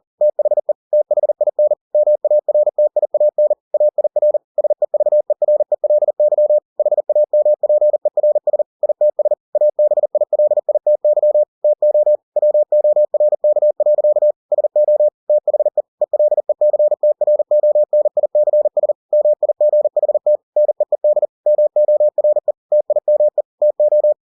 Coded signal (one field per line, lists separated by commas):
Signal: Morse code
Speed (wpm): 40 wpm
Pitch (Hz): 600 Hz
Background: none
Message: THE THIN MARTIAN AIR SEVERELY HAMPERS ITS ABILITY TO WORK. SO THE ELECTRONICS MIGHT NEED MORE TIME TO